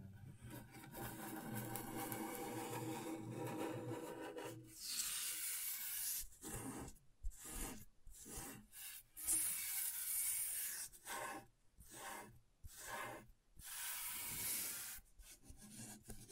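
Scratchboard being worked with a tool. A low, murmuring rub fills the first few seconds, then gives way to bright, hissy scraping strokes that start and stop in short bursts, roughly every half second to a second, until the end.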